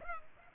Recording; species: mosquito wingbeat signal from an infrared sensor; Culex pipiens